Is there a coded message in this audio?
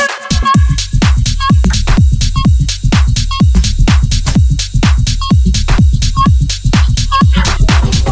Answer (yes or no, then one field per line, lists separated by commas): no